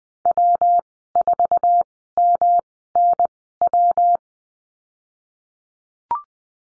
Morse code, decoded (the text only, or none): W4MNW